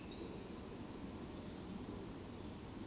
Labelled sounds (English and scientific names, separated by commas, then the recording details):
Eurasian Woodcock (Scolopax rusticola) whistle
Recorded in Baden-Württemberg, Germany, on 28 May 2020 at 19:54 UTC
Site 31917, 145 m above sea level